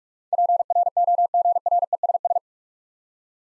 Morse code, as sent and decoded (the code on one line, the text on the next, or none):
.--. .-. --- --. .-. . ... ...
PROGRESS